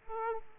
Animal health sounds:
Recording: mosquito wingbeat signal from an infrared sensor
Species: Aedes aegypti

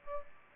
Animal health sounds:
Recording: mosquito wingbeat signal from an infrared sensor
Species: Aedes aegypti

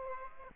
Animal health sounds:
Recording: mosquito wingbeat signal from an infrared sensor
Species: Aedes aegypti

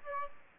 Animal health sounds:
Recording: mosquito wingbeat signal from an infrared sensor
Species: Aedes aegypti

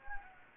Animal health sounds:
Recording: mosquito wingbeat signal from an infrared sensor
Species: Anopheles gambiae

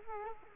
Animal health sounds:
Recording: mosquito wingbeat signal from an infrared sensor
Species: Culex quinquefasciatus

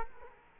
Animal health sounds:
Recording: mosquito wingbeat signal from an infrared sensor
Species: Culex quinquefasciatus

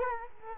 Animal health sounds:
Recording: mosquito wingbeat signal from an infrared sensor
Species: Culex quinquefasciatus

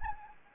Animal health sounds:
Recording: mosquito wingbeat signal from an infrared sensor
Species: Anopheles gambiae

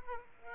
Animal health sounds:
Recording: mosquito wingbeat signal from an infrared sensor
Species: Aedes aegypti

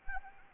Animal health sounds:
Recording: mosquito wingbeat signal from an infrared sensor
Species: Anopheles gambiae

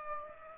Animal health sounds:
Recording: mosquito wingbeat signal from an infrared sensor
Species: Aedes aegypti

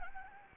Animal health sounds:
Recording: mosquito wingbeat signal from an infrared sensor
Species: Anopheles gambiae

